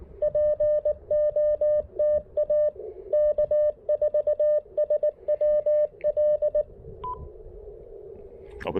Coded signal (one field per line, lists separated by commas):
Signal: Morse code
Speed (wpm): 18 wpm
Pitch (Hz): 600 Hz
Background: none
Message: POTA K4SWL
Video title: Pairing the Chameleon Tactical Delta Loop with the Icom IC-705 for some serious QRP POTA fun!